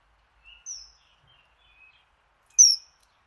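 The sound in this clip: Bird calls: a few brief, high, thin whistles, then a louder sharp whistled note near the end, with silence between.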